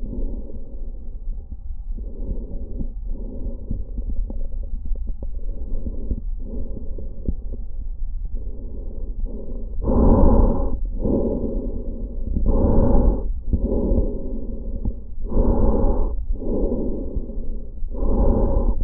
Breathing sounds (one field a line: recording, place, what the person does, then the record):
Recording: lung sounds by stethoscope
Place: trachea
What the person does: quiet breathing, then deep breathing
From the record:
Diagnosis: COPD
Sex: male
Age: 77 years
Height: 172 cm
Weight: 85.2 kg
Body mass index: 28.8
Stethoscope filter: diaphragm mode